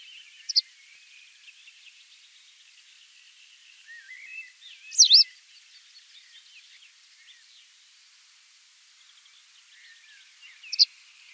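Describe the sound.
White wagtail calls: one strong, sharp, high note in the middle, with brief fainter chips near the start and end and soft background twittering.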